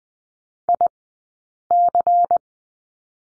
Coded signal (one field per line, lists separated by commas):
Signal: Morse code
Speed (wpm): 20 wpm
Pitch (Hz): 700 Hz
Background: none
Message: IC